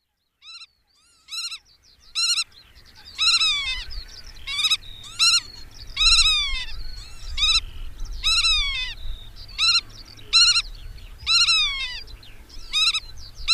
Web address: Madardalok - Nagy goda